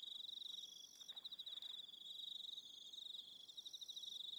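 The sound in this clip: Crickets give an unbroken high trill of rapid pulses, joined by thinner higher trills that start and stop.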